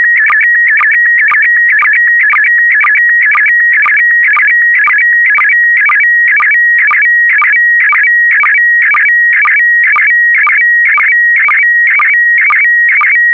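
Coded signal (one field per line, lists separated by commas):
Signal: SSTV (slow-scan television)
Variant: PD120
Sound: steady whistle interrupted twice a second by rapid chirpy warbles and low blips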